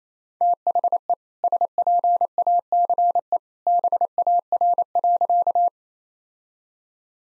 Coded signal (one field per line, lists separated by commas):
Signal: Morse code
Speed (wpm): 28 wpm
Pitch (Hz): 700 Hz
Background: none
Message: THE SPACE BAR.